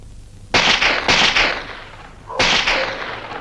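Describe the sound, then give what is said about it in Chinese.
A burst of gunfire: several sharp, loud cracks in quick succession, each trailing into a ringing echo, then a pause before another pair of shots, fired deliberately to create chaos. No one speaks. “这时枪声大作，其实这是韩老六的心腹李青山为了制造混乱特意打的。”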